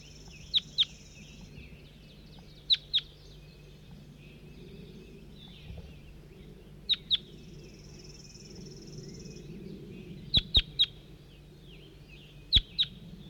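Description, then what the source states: Crossbill calling in sharp, high, clipped chips, mostly in pairs and once three, every few seconds over a steady low hum. Individual bird numbered 4-3.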